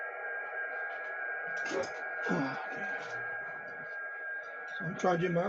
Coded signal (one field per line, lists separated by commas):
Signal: FT8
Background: speech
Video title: Danny Shortwave And Radio DX Live Stream 6/7/2025 6 meter band FT8 & FM DXing